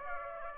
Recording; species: mosquito wingbeat signal from an infrared sensor; Aedes aegypti